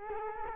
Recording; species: mosquito wingbeat signal from an infrared sensor; Culex quinquefasciatus